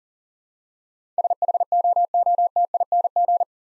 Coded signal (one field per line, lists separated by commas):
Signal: Morse code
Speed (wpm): 40 wpm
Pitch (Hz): 700 Hz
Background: none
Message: SHOOTING